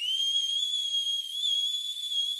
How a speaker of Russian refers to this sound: Девушка ухмыльнулась и, взяв пальцы в рот, оглушительно свистнула.